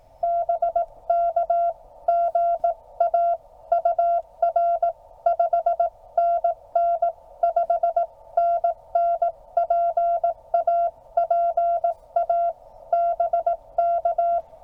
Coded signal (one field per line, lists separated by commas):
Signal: Morse code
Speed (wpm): 16 wpm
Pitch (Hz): 700 Hz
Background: none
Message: BK GA UR 5NN 5NN PA PA BK